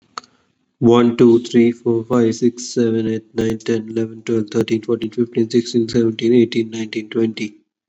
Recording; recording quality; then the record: counting at a fast pace; excellent, no background noise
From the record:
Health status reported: COVID-19 positive, mild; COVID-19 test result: positive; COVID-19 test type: RT-PCR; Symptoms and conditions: cough, cold, sore throat, fatigue, muscle pain, diarrhoea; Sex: male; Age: 25 years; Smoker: no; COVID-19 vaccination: both doses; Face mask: not worn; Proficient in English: yes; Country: India